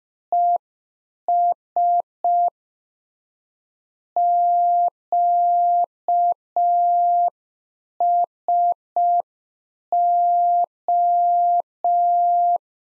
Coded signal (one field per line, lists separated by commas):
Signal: Morse code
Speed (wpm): 5 wpm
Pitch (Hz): 700 Hz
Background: none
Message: ES QSO